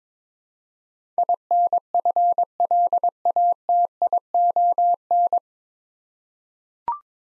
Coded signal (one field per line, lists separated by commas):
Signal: Morse code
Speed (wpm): 22 wpm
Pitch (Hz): 700 Hz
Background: none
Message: INFLATION